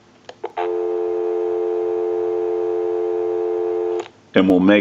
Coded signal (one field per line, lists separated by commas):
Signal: telephone call progress tone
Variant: North America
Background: speech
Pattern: dial tone